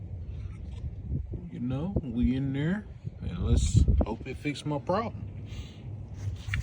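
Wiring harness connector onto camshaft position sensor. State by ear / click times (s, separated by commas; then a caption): seated / 6.5 s. A plastic wiring harness connector is plugged back onto a new camshaft position sensor on a Jeep while someone talks. It seats with a sharp click at 6.5 seconds.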